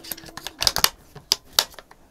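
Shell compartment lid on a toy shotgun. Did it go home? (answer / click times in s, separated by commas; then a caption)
released / 1.3 s, 1.6 s. A light press on the release button of the bottom shell compartment on a VFC FABARM licensed STF12 Compact airsoft gas shotgun (a toy) pops its plastic/metal lid open. A cluster of softer handling clicks comes around 0.6–0.8 s, then two sharp clicks ring out at 1.3 s and 1.6 s as the shell compartment lid is released open.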